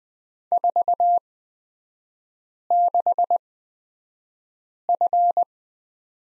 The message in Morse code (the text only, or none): 46F